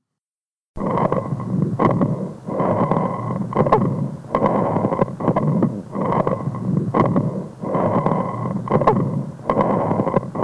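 Rhonchi heard over adult lungs by stethoscope: a deep, low-frequency sound, mainly in the expiratory phase, from bronchial problems such as mucus or swollen mucous membrane impairing air exchange; typical of COPD and chronic bronchitis.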